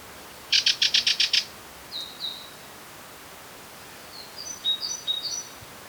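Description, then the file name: Great tit calls: a rapid harsh buzzy rattle of several notes, then a pair of thin high notes and a later cluster of faint high notes. "Parus major"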